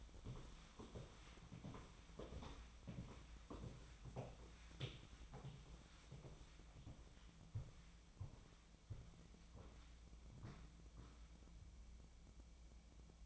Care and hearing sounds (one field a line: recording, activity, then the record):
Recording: daily activity, microphone in the room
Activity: walk to room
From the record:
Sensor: 1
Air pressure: 1010.1 hPa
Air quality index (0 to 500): 185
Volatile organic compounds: 16 ppm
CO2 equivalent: 2538 ppm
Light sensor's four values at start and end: 38/97/40/50 and 39/100/41/51